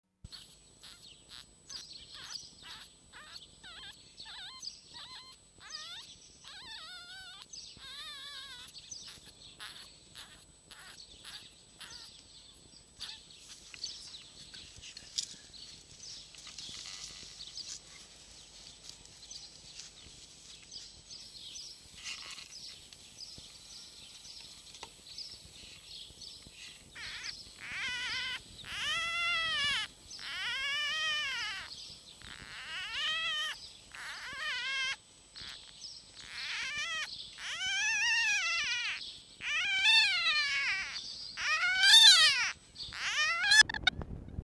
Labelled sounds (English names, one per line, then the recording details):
Red Fox
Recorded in captivity
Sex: male
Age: juvenile
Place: Zoologisches Institut der HUB, Berlin, DE
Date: 1956-04-27 13:15
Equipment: Elmetra
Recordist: Tembrock, Günter
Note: Molly-Welpen. Männchen: Quärren und Knarren; Crescendo im Quärren (betontes Quärren)